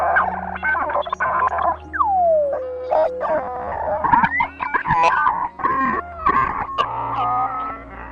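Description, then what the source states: Starling song sequence: varied whistles, a long falling slide, warbling slurs and clicky rattles in quick succession, with a low hum beneath. A sequence of vocalizations.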